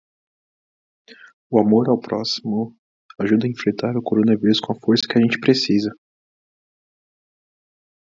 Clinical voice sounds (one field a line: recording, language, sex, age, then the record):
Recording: spoken sentence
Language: Brazilian Portuguese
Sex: male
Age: 20 to 29 years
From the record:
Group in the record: control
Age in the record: 21 years